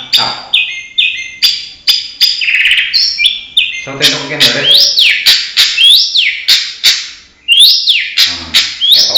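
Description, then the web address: Long-tailed shrike song mixing clear whistled notes with slurred rising-then-falling whistles and sharp clicks, delivered in a quick varied sequence. Banyuwangi-type bird; full isian song, used to train birds. "cendet banyuwangi full isian. masteran cendet"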